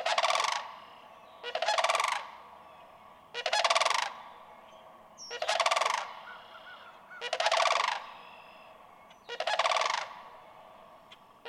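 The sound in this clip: Sandhill crane giving loud, rolling, trumpeting rattles, six calls spaced about two seconds apart, with faint chirps of small birds in the background.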